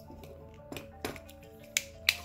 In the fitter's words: the chest down clicks